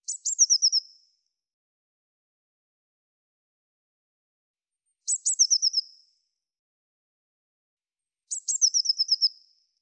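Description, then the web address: Eurasian blue tit calling: two thin, very high notes, then a quick descending buzzy trill, given three times in ten seconds with silence between. "cianscape birddata Deverinetal 2025 File cleaned normalized Bird Cy Ca"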